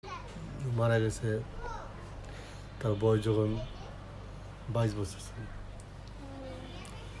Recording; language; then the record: elicited speech; Bengali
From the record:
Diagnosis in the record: Broca's or global aphasia after a stroke